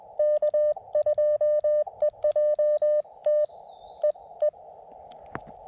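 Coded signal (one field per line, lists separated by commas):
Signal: Morse code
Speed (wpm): 20 wpm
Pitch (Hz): 600 Hz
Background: none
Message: K2EJT EE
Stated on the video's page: CW heard through KX2 and TX-500 radios during an activation, comparing audio clarity, background noise and filtering, with a linked dipole.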